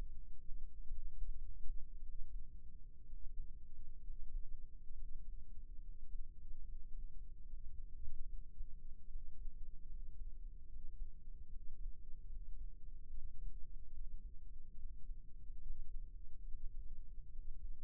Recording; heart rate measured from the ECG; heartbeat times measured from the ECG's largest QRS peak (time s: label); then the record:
heart sounds by microphone in the left ear; 69 bpm
0.88 s: heartbeat
2.00 s: heartbeat
3.04 s: heartbeat
4.01 s: heartbeat
4.92 s: heartbeat
5.79 s: heartbeat
6.63 s: heartbeat
7.44 s: heartbeat
8.25 s: heartbeat
9.06 s: heartbeat
9.86 s: heartbeat
10.67 s: heartbeat
11.47 s: heartbeat
12.27 s: heartbeat
13.09 s: heartbeat
13.91 s: heartbeat
14.76 s: heartbeat
15.61 s: heartbeat
16.46 s: heartbeat
17.30 s: heartbeat
From the record:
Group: healthy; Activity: breath hold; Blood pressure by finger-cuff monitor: 85/60 mmHg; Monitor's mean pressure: 68 mmHg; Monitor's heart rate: 71 bpm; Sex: male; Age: 22 years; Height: 181 cm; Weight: 79 kg